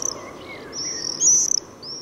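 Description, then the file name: Common swift calls, a few brief shrill buzzy screams, loudest in the middle, with quieter gaps between. "Jerzyk"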